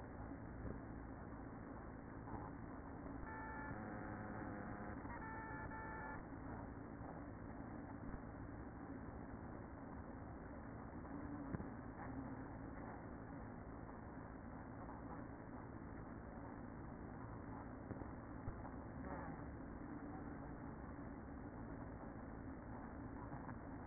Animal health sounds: honeybee colony, microphone inside the hive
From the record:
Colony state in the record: queen present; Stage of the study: after two queens were removed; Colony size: about 60,000 bees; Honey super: yes

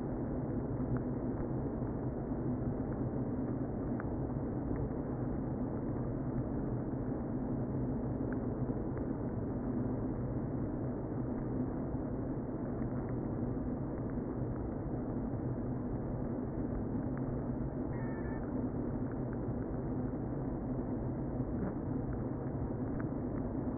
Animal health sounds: honeybee colony, microphone inside the hive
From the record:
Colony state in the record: queen present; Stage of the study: before two queens were removed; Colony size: about 60,000 bees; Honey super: yes

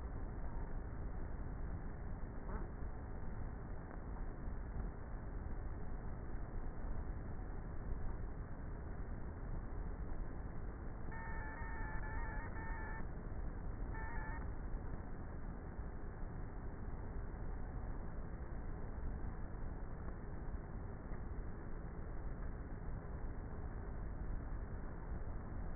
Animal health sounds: honeybee colony, microphone inside the hive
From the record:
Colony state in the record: queenless with a low population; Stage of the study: before two queens were removed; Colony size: about 30,000 bees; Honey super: no

